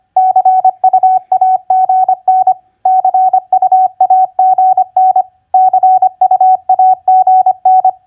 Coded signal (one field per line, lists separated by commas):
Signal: Morse code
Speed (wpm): 25 wpm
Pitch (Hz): 750 Hz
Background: none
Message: CUAGN CUAGN CUAGN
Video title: Morse Code Practice QSO Elements Q5d TU-FB-CUAGN 25wpm